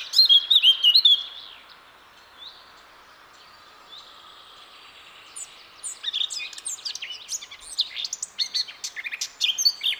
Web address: SETE Sylvia atricapilla